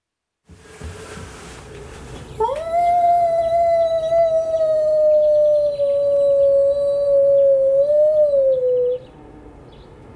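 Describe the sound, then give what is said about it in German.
A man imitates a wolf howl, a single long, steady tonal call that rises sharply at the start, holds a sustained pitch for about six seconds, then dips and fades out. “Das ist der Wolf. Also, nee, das bin ich.”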